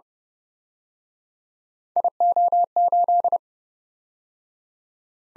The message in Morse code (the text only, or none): IO8